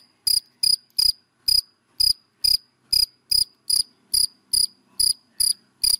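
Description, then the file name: Cricket calling with bright, piercing chirps repeated a little over twice a second in a steady rhythm. Crickets calling, given by the Vietnamese names dế mèn, dế cơm and dế than. "Tieng de men de com de than keu"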